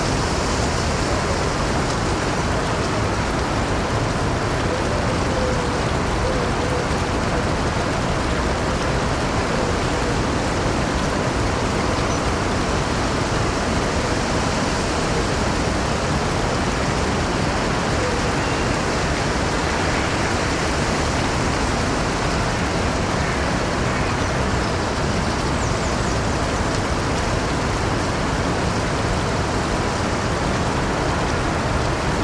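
A countryside garden at midnight, filled with the steady rush of a stream. The dense, even hiss spans deep rumble to bright fizz and holds constant for the whole stretch, with no distinct events standing out.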